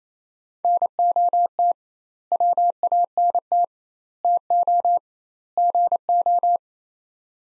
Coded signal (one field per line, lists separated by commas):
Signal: Morse code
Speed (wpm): 28 wpm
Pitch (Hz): 700 Hz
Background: none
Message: NOT WANT TO GO